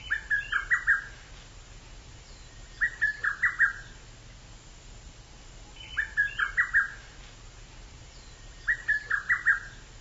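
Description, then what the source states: Japanese bush warbler singing a short phrase of quick clipped notes, repeated about every three seconds over a steady low hum. Song rendered as "kokekyo".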